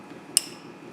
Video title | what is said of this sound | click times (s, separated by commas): Ford Fuel Rail Pressure Sensor Replacement PO193 | And when you put this on, you should hear it snap in place. | 0.4 s